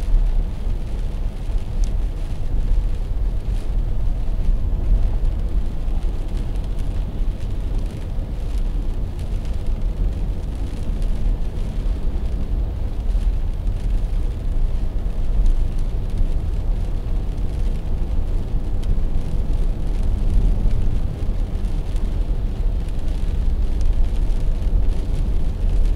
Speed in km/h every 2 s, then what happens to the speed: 72, 70, 67, 69, 70, 70, 70, 72, 74, 73, 73, 74, 75.
0-26 steady at about 72.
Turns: none.